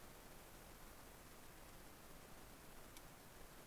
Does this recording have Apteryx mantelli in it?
no